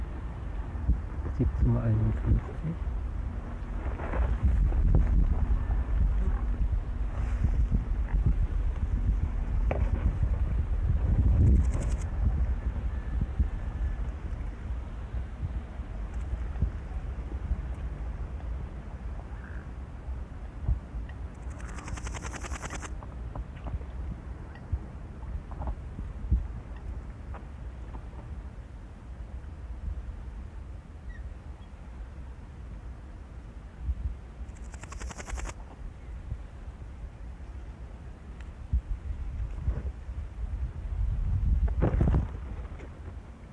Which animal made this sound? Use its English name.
Large Gold Grasshopper